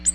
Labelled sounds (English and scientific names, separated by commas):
Ovenbird (Seiurus aurocapilla) flight call